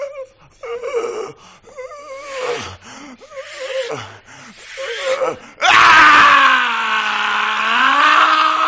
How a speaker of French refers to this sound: Ça y est, les poumons sont enfin dégagés. Il hurle librement. Il est sauvé. Allez, criez, mon père, criez.